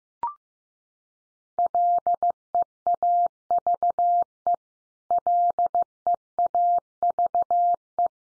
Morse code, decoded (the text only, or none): LEAVE LEAVE